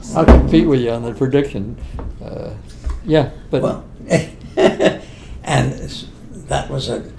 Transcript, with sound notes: I’ll compete with you on your prediction. Yeah. But—
Well, [laughs] and that was a,